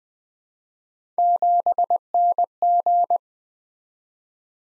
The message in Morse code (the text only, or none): 7NG